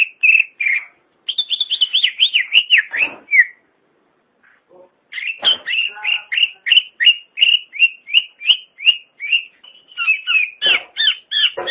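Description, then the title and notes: Greater green leafbird song: loud, rapid series of bright whistled, slurred notes repeated about three per second, with a short pause midway before the phrases resume. "Suara Kicauan Burung Cucak Ijo"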